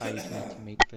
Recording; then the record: coughing mixed with background sound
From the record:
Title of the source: Spring Cold Coughing 3